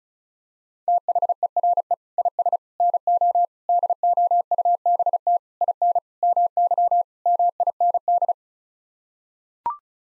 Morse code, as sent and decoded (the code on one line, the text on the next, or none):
- .... . .-. . / .. ... / -. --- / -.. --- ..- -... - / .. -. / -- -.-- / -- .. -. -..
THERE IS NO DOUBT IN MY MIND